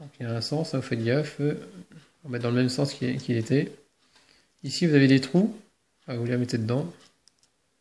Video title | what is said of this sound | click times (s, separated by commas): Remplacement ecran lcd chassis et vitre S4 Galaxy i19505 | Et normalement, et on entend le clac. Voilà, donc il est remis en place. | 7.3 s